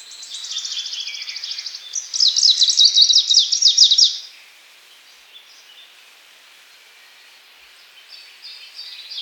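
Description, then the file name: Greenish warbler singing a high, rapid twittering phrase that grows louder into a fast string of sharp slurred notes, followed by near silence and faint chirps. "penochka zelenaja"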